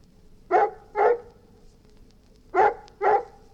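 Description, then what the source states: Golden retriever barking: two pairs of loud, harsh barks, each pair about half a second apart, with a quiet gap between the pairs. Dog barking and whining.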